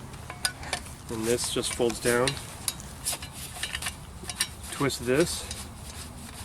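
Someone talks while handling a Camillus folding camp shovel, folding down the spring-loaded metal shovel head and starting to twist the locking collar on the shaft. Light taps and rubbing from the handling are heard, with sharp knocks around 0.5 s, 2.7 s and 4.4 s. The clip ends before the head is locked, so nothing has seated or clicked yet.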